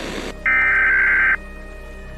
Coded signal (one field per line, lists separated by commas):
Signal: Emergency Alert System (SAME) tones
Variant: header bursts